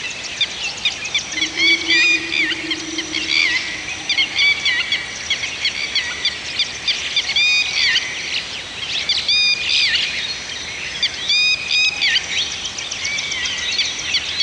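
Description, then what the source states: Birds singing, with clear whistled notes and rising slurs over a busy chorus of chirps; a low steady hum near the start. Several birds singing in a forest.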